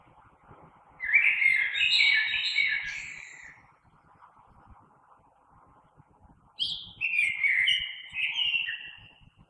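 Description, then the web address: Common blackbird giving two melodious warbling phrases, each broken into several fluted notes with high thin twitters, separated by a few seconds of quiet. Recorded 3 March 2020. "oiseaux Merle 2020 03 03"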